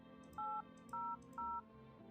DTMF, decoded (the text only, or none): 800